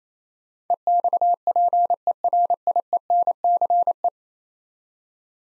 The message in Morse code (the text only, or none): EXPERIENCE